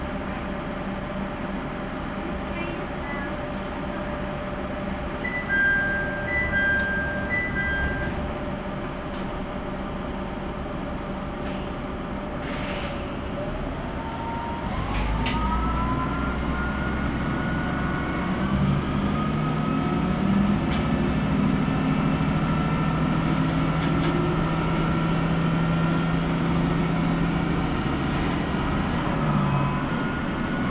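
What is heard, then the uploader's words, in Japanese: A Tenryu Hamanako Railway train hums steadily, then its motor tone rises and the rumble swells around fifteen seconds as it pulls away, with brief beeps early. 天竜浜名湖鉄道 西気賀→三ヶ日。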